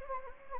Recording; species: mosquito wingbeat signal from an infrared sensor; Anopheles gambiae